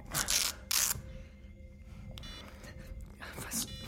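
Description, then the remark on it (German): A camera being handled and set up: two sharp, loud bursts of clattering and rustling, then quieter clicks and a faint steady hum, ending with another bright burst of handling noise. “Was wird das? Wozu die Kamera?”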